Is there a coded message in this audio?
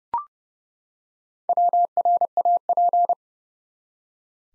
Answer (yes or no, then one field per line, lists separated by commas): yes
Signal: Morse code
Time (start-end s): 1.5-3.1 s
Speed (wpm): 32 wpm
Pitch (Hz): 700 Hz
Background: none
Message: WRAP